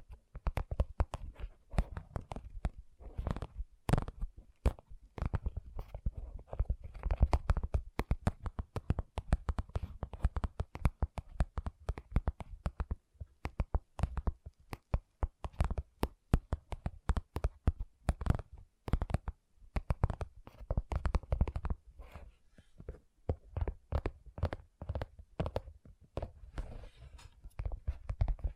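Gentle tapping continues throughout in quick, irregular bursts of soft, low thuds with brief clicky tops, pausing only for short moments.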